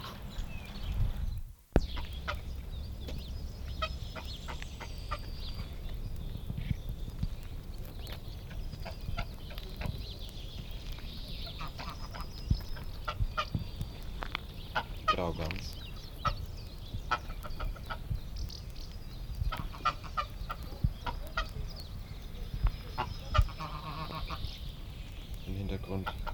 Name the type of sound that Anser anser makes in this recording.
call